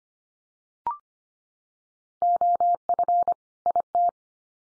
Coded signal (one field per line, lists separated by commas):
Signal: Morse code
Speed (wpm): 25 wpm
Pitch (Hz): 700 Hz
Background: none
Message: OF IT